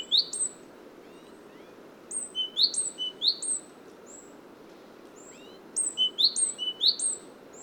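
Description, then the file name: Great tit calls: three clusters of sharp, high whistled notes with upward hooks, delivered in short, irregular bursts separated by pauses of a second or more. "Parus major"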